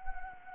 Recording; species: mosquito wingbeat signal from an infrared sensor; Anopheles gambiae